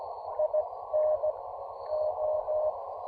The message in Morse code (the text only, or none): IN O